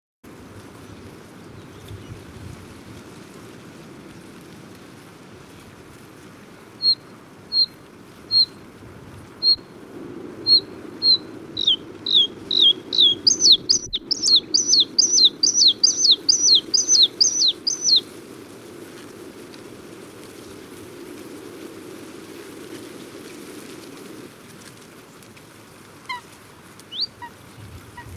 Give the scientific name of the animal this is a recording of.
Luscinia svecica